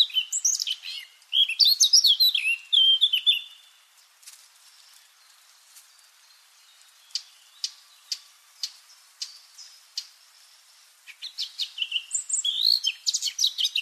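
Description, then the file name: Eurasian blackcap warbling song in a short burst, followed by a pause with spaced, sharp ticking notes, then another rapid chattering phrase. "Sylvia atricapilla"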